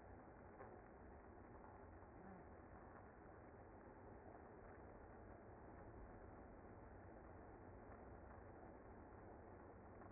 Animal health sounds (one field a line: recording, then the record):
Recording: honeybee colony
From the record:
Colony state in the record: active